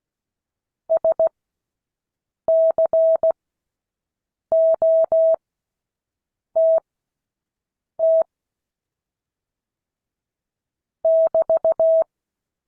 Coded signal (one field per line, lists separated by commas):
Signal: Morse code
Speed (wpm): 16 wpm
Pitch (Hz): 650 Hz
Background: none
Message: SCOTT <BT>